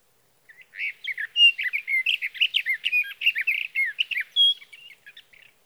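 Sage thrasher song: a long, hurried stream of warbled, twangy notes, each slurring up and down, running for nearly five seconds without a break.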